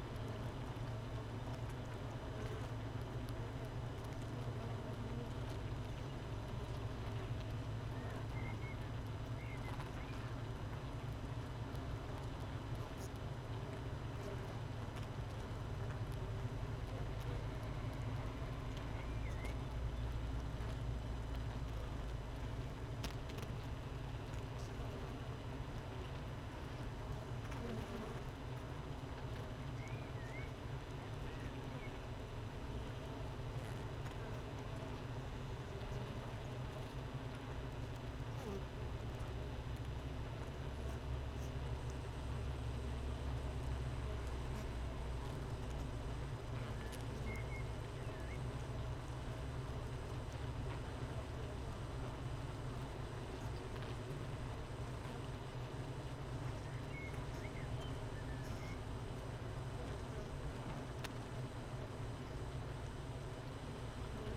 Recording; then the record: honeybee colony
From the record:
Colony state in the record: missing queen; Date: 31 May 2018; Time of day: 13:58